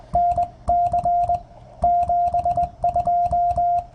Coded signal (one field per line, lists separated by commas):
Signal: Morse code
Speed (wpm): 20 wpm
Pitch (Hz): 700 Hz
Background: music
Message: NC 72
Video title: POTA in CW at K-3792 29Sep2023